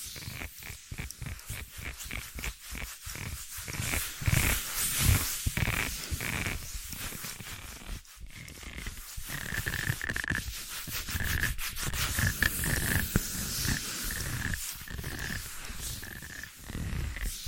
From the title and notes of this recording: Invisible Tapping, Scratching, Tracing (No Talking).